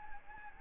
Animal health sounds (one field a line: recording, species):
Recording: mosquito wingbeat signal from an infrared sensor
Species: Anopheles gambiae